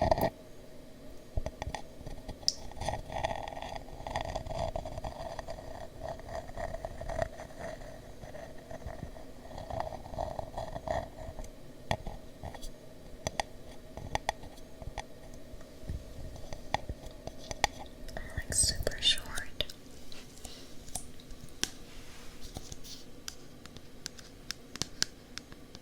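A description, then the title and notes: Ear tapping and scratching: dense, rustling scrapes and soft thuds repeat irregularly throughout, with sharp clicks scattered across the whole clip. A steady low hum sits underneath. Around 18–20 seconds a brighter, louder burst of scraping rises before settling again. Ear Tapping & Scratching.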